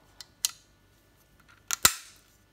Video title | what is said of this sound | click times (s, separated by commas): Bramley Power Monitor & Laptop Mount / Arm Unboxing and Set Up - Minimal Desk Set Up | and as you can hear the click there we are so | 1.7 s, 1.9 s